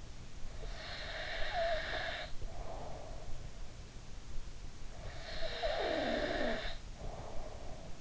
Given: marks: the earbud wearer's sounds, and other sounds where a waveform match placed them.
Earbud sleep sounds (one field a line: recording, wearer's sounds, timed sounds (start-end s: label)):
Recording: sounds in sleep by an in-ear microphone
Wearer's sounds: breath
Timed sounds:
0.61-3.43 s: breath
5.11-8.01 s: breath